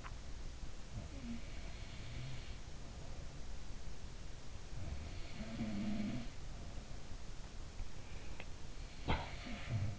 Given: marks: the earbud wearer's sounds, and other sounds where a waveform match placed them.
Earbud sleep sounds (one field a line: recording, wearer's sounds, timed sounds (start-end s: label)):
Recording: sounds in sleep by an in-ear microphone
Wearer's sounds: teeth grinding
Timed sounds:
0.96-3.52 s: sound from someone else or the room
4.79-7.65 s: sound from someone else or the room
8.06-8.47 s: teeth grinding
8.89-9.99 s: sound from someone else or the room